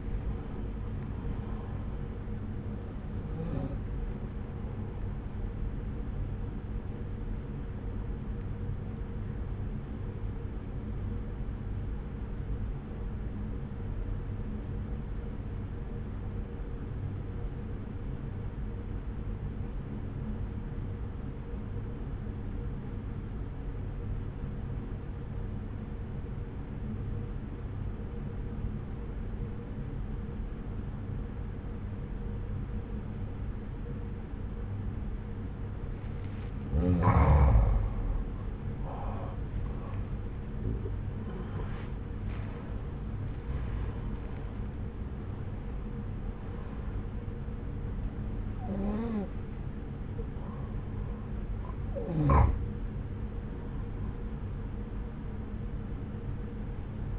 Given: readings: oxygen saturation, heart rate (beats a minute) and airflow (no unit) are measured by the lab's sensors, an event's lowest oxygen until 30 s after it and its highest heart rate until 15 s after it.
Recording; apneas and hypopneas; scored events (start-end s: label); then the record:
breathing in sleep by a smartphone at the bedside; 1
12.00-38.00 s: obstructive apnea (N2, oxygen 95% highest, then 84% lowest)
32.00-57.18 s: new sleep stage, N1 (lightest sleep)
From the record:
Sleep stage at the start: N2 (light sleep); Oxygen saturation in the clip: 85 to 95%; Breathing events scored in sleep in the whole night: 303 in 8.1 hours asleep